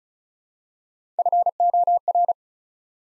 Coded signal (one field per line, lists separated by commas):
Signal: Morse code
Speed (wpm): 36 wpm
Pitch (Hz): 700 Hz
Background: none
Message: FOR